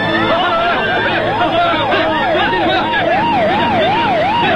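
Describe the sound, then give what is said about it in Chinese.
The sirens of many police cars wail at once, their pitches rising and falling in overlapping wavy cycles, loud and continuous against a background of crowd murmur. “大哥，有很多警车”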